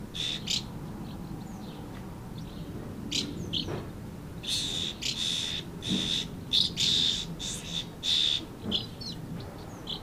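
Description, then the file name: Swallow calls in bursts of high, slightly tonal chirps, sparse at first and then clustering into quick twittering runs. Several swallows recorded at Amblagnieu on 2 July 2017 with an MZ-N 710 recorder. "MZ-N 710 Hirondelles Amblagnieu 2 07 17"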